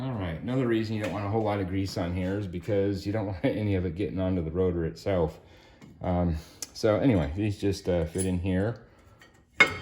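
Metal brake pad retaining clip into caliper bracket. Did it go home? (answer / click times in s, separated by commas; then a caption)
yes / 9.6 s. Someone talks while fitting a metal brake pad retaining clip (abutment clip) into the tabs of a car brake's caliper bracket. A sharp metallic click at 9.6 s marks the clip seating in place.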